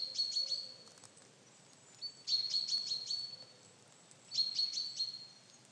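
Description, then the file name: Common chaffinch: three bouts of rapid sharp high notes over a steady thin whistle, spaced about two seconds apart. "Fringilla coelebs"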